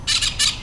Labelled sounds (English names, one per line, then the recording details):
Brown-throated Parakeet contact call
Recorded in Venezuela
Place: Cerro Saroche, Hato Dalmatela, Edo. Lara
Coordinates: 10.149, -69.534